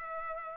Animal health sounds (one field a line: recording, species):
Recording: mosquito wingbeat signal from an infrared sensor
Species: Culex pipiens